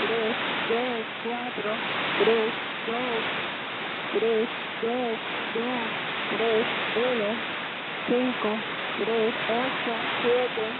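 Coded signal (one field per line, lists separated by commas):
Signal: numbers station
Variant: Cuban station, Spanish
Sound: a voice reading about ten single digits at an even pace through noisy static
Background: radio static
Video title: 111530 kHz Cuban Spy Numbers/ Nov,02,2015 1700 UTC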